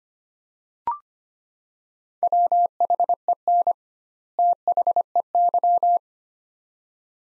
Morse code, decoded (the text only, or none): WHEN THEY